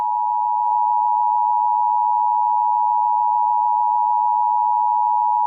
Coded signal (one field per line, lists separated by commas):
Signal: Emergency Alert System (SAME) tones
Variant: 853 and 960 Hz attention tone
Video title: EAS Scenario: Attack of the Galactic Empire (Part 4: The Rebels' Speech to the World)